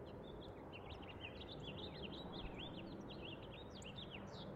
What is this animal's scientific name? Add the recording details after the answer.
Haemorhous mexicanus. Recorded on Long Island, New York, on 30 March 2011. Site LB. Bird A